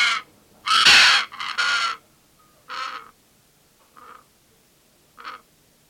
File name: pesquets parrot